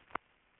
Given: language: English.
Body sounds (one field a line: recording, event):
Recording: throat vibration sensor signal played as sound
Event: swallow